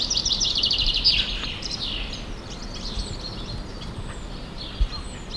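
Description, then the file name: Common chaffinch giving a quick high trill of rapid notes that ends in a brief flourish in the first second or so, followed by faint scattered chirps over low background noise. "Fringilla coelebs"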